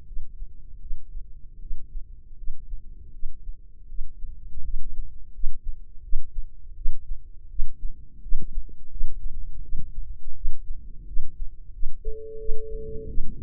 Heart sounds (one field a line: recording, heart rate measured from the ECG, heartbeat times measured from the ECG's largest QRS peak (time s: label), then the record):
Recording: heart sounds by microphone in the left ear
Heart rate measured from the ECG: 83 bpm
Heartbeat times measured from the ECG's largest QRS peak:
0.06 s: heartbeat
0.80 s: heartbeat
1.60 s: heartbeat
2.37 s: heartbeat
3.12 s: heartbeat
3.88 s: heartbeat
4.62 s: heartbeat
5.32 s: heartbeat
6.02 s: heartbeat
6.75 s: heartbeat
7.48 s: heartbeat
8.21 s: heartbeat
8.89 s: heartbeat
9.62 s: heartbeat
10.34 s: heartbeat
11.06 s: heartbeat
11.71 s: heartbeat
12.38 s: heartbeat
13.07 s: heartbeat
From the record:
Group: healthy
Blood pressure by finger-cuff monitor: 107/61 mmHg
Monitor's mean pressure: 76 mmHg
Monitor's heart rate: 83 bpm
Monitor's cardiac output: 7.3 L/min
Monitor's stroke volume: 88 mL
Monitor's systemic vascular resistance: 740 dyn s/cm5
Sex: female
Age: 22 years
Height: 157 cm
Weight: 47.6 kg